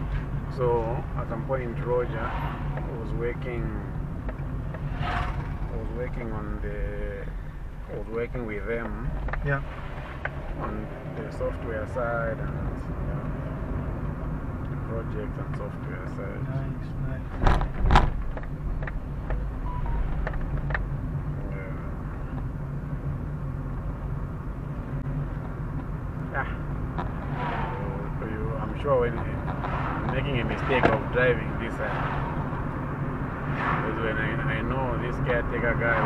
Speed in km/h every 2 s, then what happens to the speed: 24, 23, 22, 16, 10, 17, 26, 30, 25, 21, 24, 24, 26, 27, 28, 33, 38, 40.
4-8 slows to 10. 8-13 speeds up to 30. 15-18 slows to 21. 18-36 speeds up to 40.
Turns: none.